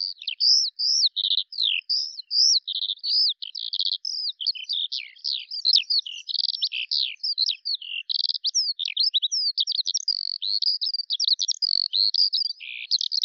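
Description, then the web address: Bird song, a steady flow of high chirps and upslurred whistles, packed tightly together throughout. "Deverinetal 2025 File cleaned normalized Bird Al Ar"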